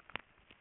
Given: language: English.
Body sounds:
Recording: throat vibration sensor signal played as sound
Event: swallow

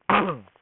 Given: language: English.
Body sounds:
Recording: throat vibration sensor signal played as sound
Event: throat clearing

